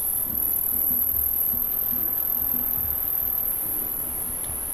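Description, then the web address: Crickets give a constant thin high-pitched drone of trilling, steady throughout, with soft low rustling underneath. "montana 2000 Crickets"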